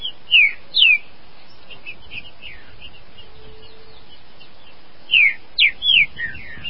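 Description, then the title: Green-winged saltator song: two loud, sliding whistled notes, a quiet pause with a faint steady hum, then a fresh phrase of four clear down-slurred whistles. "Trinca Ferro"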